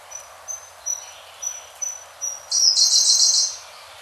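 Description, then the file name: Siberian blue robin singing: several thin, high single notes, then a loud, dense, fast trill lasting about a second. "koruri"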